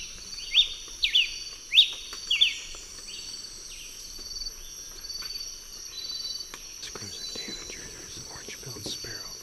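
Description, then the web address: Masked crimson tanager subsong: a quick run of short, sharp downslurred chirps in the first two and a half seconds, then softer scattered notes over a steady high insect drone. Subsong; eastern lowlands of South America. "S America Eastern Lowlands 521-05 Ramphocelus nigrogularis, subsong"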